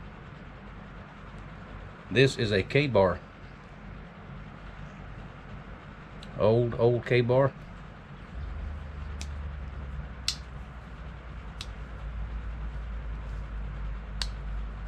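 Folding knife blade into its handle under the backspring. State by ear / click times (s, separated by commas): seated / 10.3 s, 14.2 s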